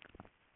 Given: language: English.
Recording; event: throat vibration sensor signal played as sound; swallow